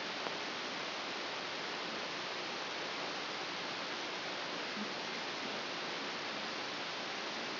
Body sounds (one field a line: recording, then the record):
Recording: brain microelectrode recording played as sound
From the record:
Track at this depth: outside the subthalamic nucleus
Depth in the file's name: 0.84 mm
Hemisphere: left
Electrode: 3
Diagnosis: Parkinson's disease